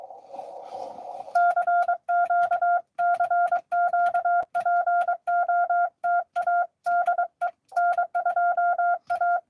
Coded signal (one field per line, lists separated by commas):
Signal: Morse code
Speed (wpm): 23 wpm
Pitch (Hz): 700 Hz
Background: none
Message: CQ CQ POTA DE N2A